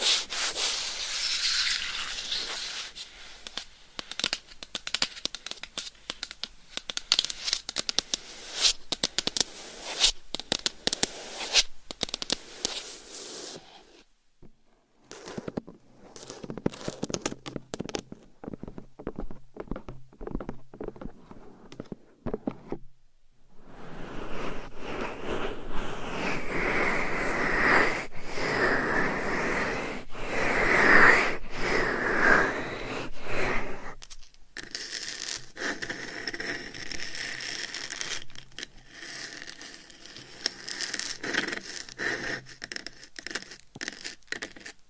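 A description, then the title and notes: Claws scratch and tap against a microphone in dense, gritty bursts of rubbing noise. Long busy stretches of scraping run from the start to about 14 seconds and again from 24 to 45 seconds, with a sparse patch of scattered taps and clicks between them. ASMR Binaural Mic Scratching & Tapping with Claws.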